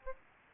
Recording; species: mosquito wingbeat signal from an infrared sensor; Aedes albopictus